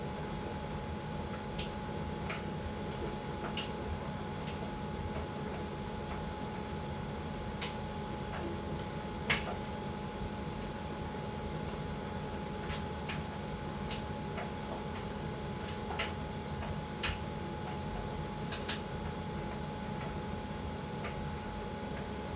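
An electric dryer runs with a steady, dense rumble and whoosh, its low hum unchanging throughout. A thin, constant tone sits above the rumble, and small sharp clicks and ticks pop up irregularly every second or two, likely items tumbling inside.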